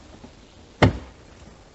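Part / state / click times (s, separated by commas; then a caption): DEF tank heater module into DEF tank / seated / 0.8 s. A DEF tank heater module for a 2014 Chevy Cruze Diesel is set into its slots in the DEF tank and twisted to the right to lock it in. A single sharp click sounds at 0.8 s and fades quickly against a quiet background. This confirms the module has locked into the tank.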